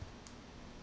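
A new fuel pump on a BMW 1200 Series is pressed into its plastic fuel filter housing and seated. A short, sharp snap is heard at 0.3 s, rising briefly above a steady low background hum.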